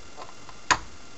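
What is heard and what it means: A CPU cooler bracket over the processor is popped in under the small plastic retaining clips of the motherboard. After a quiet stretch with a few faint soft sounds, one sharp click comes at 0.7 s and quickly dies away. The cooler is seated and locked into the clips.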